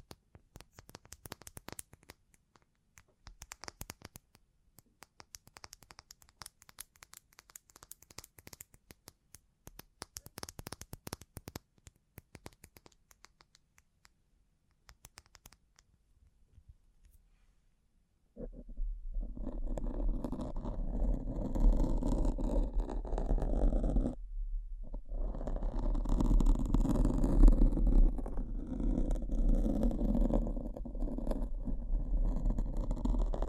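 Bling trigger sounds begin as sparse, crackly clicks and taps, then at eighteen seconds turn into a loud, dense, low rustling rumble, briefly pausing.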